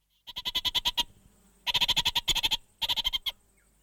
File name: orange fronted parakeet song